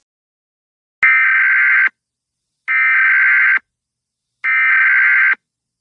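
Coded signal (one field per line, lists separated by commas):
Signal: Emergency Alert System (SAME) tones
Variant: header bursts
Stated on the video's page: Fictional EAS scenario.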